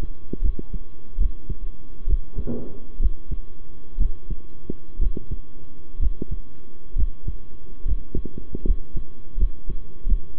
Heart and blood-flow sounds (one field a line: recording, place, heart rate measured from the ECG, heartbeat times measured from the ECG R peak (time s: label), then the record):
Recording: heart sounds by stethoscope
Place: between the tricuspid and mitral areas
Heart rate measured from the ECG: 68 bpm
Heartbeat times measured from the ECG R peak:
0.41 s: heartbeat
1.18 s: heartbeat
2.07 s: heartbeat
2.99 s: heartbeat
3.97 s: heartbeat
4.99 s: heartbeat
5.99 s: heartbeat
6.95 s: heartbeat
7.85 s: heartbeat
8.64 s: heartbeat
9.37 s: heartbeat
10.06 s: heartbeat
From the record:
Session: rest, sitting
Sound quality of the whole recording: good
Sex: male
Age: 23 years